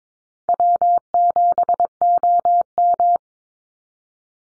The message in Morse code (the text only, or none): W7OM